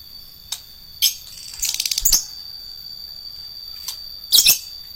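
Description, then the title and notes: Lovebird giving a few sharp, shrill chirps and a rapid stuttering series, ending in a harsh burst, over a steady high whine. Adult fighter lovebird. "#4. LOVEBIRD FIGTER. Lovebird Dewasa"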